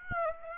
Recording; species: mosquito wingbeat signal from an infrared sensor; Aedes aegypti